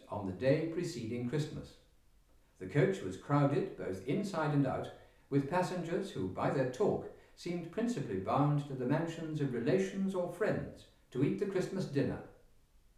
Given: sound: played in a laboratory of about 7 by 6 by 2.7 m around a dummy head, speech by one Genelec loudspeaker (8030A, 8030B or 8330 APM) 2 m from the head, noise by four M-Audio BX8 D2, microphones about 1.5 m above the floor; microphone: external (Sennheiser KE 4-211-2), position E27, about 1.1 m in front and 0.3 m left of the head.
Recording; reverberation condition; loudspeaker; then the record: male speech in English; medium; 90 degrees to the left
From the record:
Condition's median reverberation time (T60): about 510 ms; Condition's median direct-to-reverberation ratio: about -0.5 dB